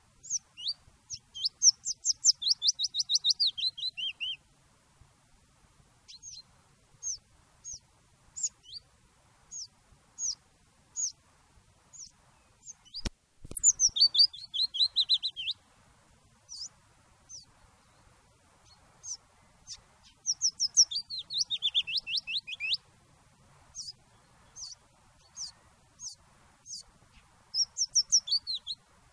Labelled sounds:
Willow Warbler (Phylloscopus trochilus)

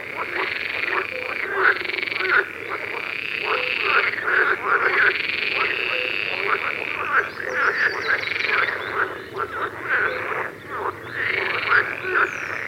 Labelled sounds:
Marsh Frog (Pelophylax ridibundus)

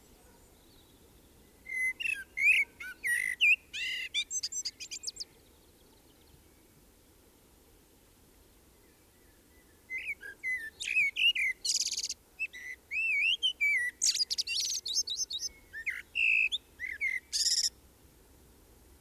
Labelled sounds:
Common Blackbird (Turdus merula) song

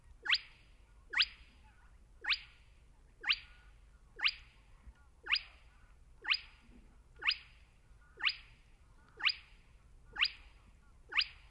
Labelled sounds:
Spotted Crake (Porzana porzana)

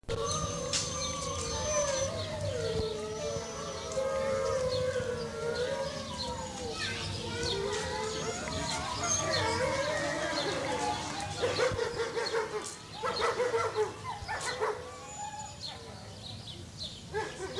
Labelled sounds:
Gray Wolf (Canis lupus)

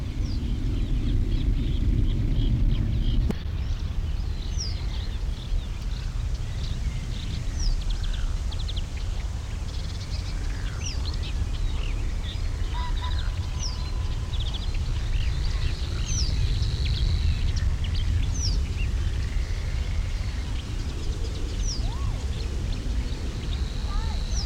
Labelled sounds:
Eurasian Reed Warbler (Acrocephalus scirpaceus)

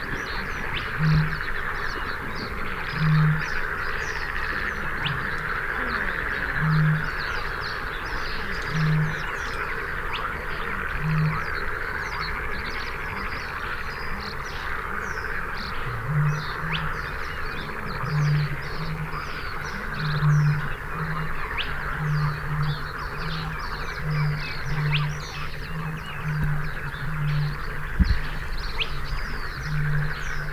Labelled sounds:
Spotted Crake (Porzana porzana) song

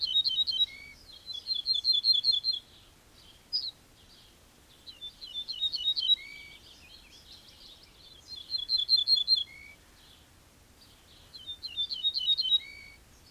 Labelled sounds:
Ortolan Bunting (Emberiza hortulana)

